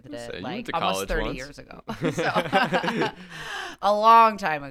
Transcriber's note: laughing